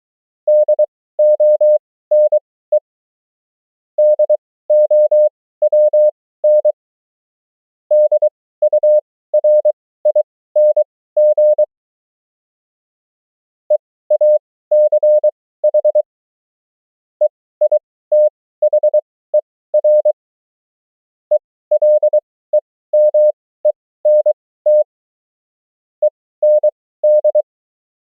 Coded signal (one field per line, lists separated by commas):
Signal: Morse code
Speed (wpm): 24 wpm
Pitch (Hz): 600 Hz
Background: none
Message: DONE DOWN DURING EACH EITHER ELEMENT END